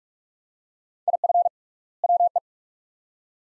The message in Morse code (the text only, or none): IF WE